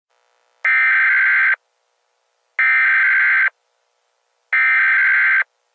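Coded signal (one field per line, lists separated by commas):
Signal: Emergency Alert System (SAME) tones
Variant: header bursts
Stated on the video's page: EAS tones, possibly valid.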